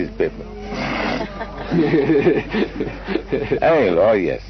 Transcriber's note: laughter